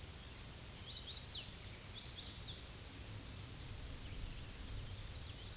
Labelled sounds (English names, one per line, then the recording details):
Chestnut-sided Warbler song
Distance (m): 70 m
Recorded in a Pennsylvania forest on 18 May 2023 at 07:46
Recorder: AudioMoth, point grid1_39_low
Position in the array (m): 120 m, 207 m